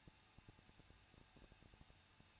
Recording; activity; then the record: daily activity, microphone in the room; no activity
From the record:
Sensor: 2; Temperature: 21.0 degrees Celsius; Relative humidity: 37.4%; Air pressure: 1006.2 hPa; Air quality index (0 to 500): 222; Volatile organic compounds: 24 ppm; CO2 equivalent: 2821 ppm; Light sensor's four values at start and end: 2/3/2/2 and 2/3/2/2